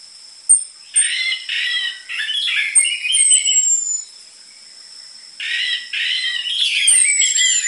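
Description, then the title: Orange-headed thrush song in varied warbled phrases, two bursts separated by a pause, with thin high descending whistles and steady high tones behind. Lure recording of an energetic (gacor) orange-headed thrush with densely packed song material, for tutoring caged orange-headed thrushes of the trotol type. "PANCINGAN Anis Merah Gacor Materi Isian Rapat Cocok Untuk MASTERAN Anis Merah TROTOL"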